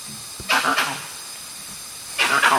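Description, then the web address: Langur giving two harsh, raspy bursts, each a short noisy cough-like call over a steady background hiss. "monkey langur call"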